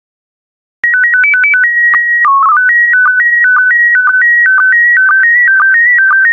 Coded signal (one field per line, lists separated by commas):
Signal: SSTV (slow-scan television)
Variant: PD 120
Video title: 164022 Ocean Life SSTV PD120